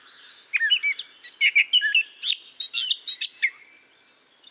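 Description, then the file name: Eurasian blackcap warbling song, a short burst of rapid, varied chirps and slurred whistles lasting about three seconds after a brief quiet start, then a quiet gap before one more note at the end. "Sylvia atricapilla"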